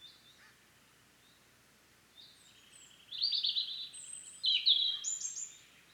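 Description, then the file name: European robin song: after a quiet start, a thin high whistle leads into a rippling trill and a bright burst of tumbling high notes. "Erithacus rubecula"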